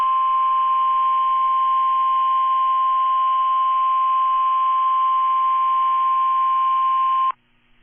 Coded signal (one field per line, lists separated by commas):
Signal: Emergency Alert System (SAME) tones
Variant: 1050 Hz attention tone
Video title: Weeklies + One single CAE (EAS 631-643)